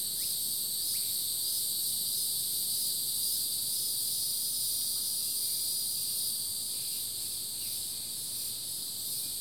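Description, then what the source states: Insects chorus in a steady, high, ringing drone, with a few brief rising chirps and low background noise. Summer chorus.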